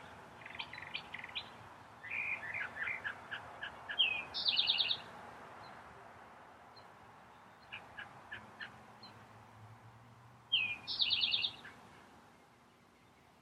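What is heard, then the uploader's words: Birds of spring sing in short bursts of bright chirps and trills, with the loudest, highest phrases around four seconds and again near eleven seconds. Quieter scattered calls fill the gaps, over a steady low hum and hiss underneath. Birds of Spring.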